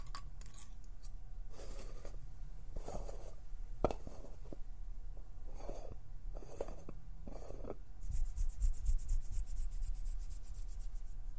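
Plucking and pinching sounds: short, bright snaps scattered across the first eight seconds, at irregular intervals roughly every half second to a second, over a low steady hum. Near the end the sound turns into a fast, dense fluttering rattle that carries on to the close.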